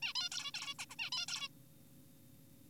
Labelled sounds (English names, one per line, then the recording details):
Zebra Finch
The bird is an adult
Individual g4p5U